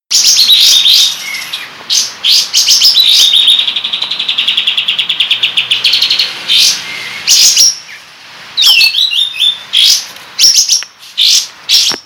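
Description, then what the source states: Sooty-headed Bulbul song: sharp high chirps, then a long run of rapid buzzy repeated notes, followed by bursts of quick twittering phrases. Kapas tembak 'buka ekor' (tail-opening) song style, used for training cage birds.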